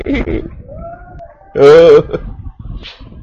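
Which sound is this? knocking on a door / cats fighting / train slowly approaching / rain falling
cats fighting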